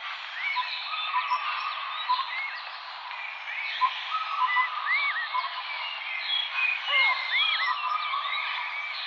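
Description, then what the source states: Birds chirping in a dense chorus, many overlapping whistled and upslurred notes with steady tones underneath, no pauses throughout. Birds chirping in a forest.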